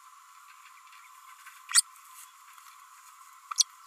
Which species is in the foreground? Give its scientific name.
Forpus passerinus